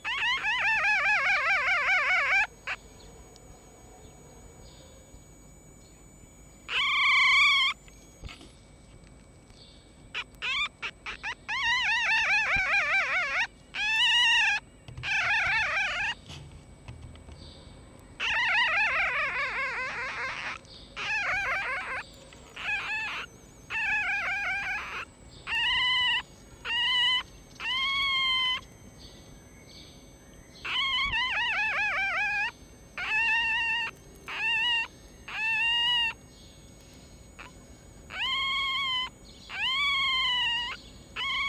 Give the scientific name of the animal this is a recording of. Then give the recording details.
Vulpes vulpes. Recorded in captivity. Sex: female. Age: juvenile. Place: Zoologisches Institut der HUB, Berlin, DE. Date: 1956-05-01 12:40. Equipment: Elmetra. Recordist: Tembrock, Günter. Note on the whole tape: Molly-Welpen: Weibchen: Quärren mit Crescendo und Tremolo